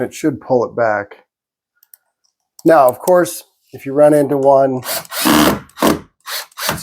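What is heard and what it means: A power driver turns a small hinge screw in a wooden door jamb, whirring in short bursts between stretches of someone talking. The hole is stripped out, so the screw just spins without tightening, and nothing has seated or clicked yet.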